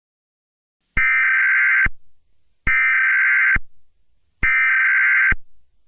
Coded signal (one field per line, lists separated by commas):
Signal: Emergency Alert System (SAME) tones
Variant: header bursts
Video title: EAS Scenario #3.3 - Wonder of U